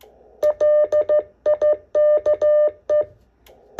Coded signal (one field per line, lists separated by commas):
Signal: Morse code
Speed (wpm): 13 wpm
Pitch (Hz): 600 Hz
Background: none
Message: LIKE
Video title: STRAIGHT KEY MORSE CODE PRACTICE